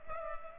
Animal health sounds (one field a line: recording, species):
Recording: mosquito wingbeat signal from an infrared sensor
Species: Culex pipiens